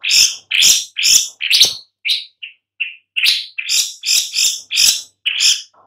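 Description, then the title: Long-tailed shrike uttering loud, rasping calls in uneven groups, with a few short softer notes in a brief lull midway. "Lanius Schach Sun"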